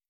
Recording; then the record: hydrophone in a shrimp aquaculture tank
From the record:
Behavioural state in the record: starved